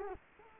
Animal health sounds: mosquito wingbeat signal from an infrared sensor; Culex quinquefasciatus

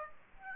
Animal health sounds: mosquito wingbeat signal from an infrared sensor; Aedes aegypti

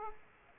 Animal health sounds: mosquito wingbeat signal from an infrared sensor; Aedes aegypti

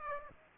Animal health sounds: mosquito wingbeat signal from an infrared sensor; Aedes aegypti

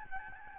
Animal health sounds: mosquito wingbeat signal from an infrared sensor; Aedes albopictus

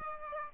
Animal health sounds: mosquito wingbeat signal from an infrared sensor; Aedes aegypti

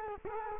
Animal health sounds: mosquito wingbeat signal from an infrared sensor; Culex quinquefasciatus

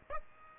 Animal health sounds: mosquito wingbeat signal from an infrared sensor; Aedes aegypti

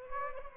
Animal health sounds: mosquito wingbeat signal from an infrared sensor; Aedes aegypti

